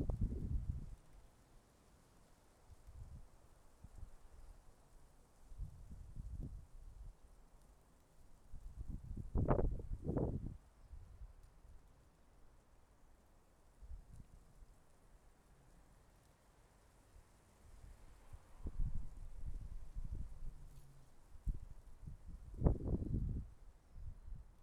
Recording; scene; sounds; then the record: everyday scene through a hearing-aid microphone; wind on the microphone; wind, traffic, birds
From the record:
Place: suburban garden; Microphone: behind the ear, left, rear